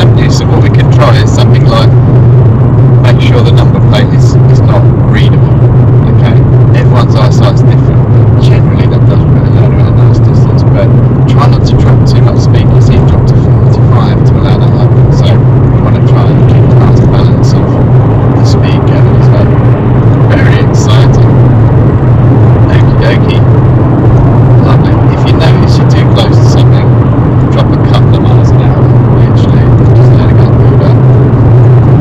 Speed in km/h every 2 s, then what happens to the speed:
71, 69, 69, 68, 68, 68, 69, 74, 79, 84, 87, 87, 85, 84, 82, 81.
0-11 steady at about 68. 11-20 speeds up to 87. 20-32 steady at about 84.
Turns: none.